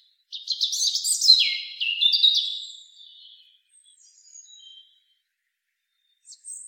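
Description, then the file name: European robin song, a fast cascade of high, sweet, warbling notes sliding downward, followed by quieter thin trills and a brief high note near the end. "Erithacus rubecula"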